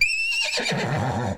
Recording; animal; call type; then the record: contact call of a hoofed animal; horse; whinny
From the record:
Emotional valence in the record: negative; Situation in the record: group separation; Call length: 1.38 s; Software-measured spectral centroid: 3240 Hz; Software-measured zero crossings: 3780 a second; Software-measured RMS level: -24 dBFS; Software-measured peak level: -10 dBFS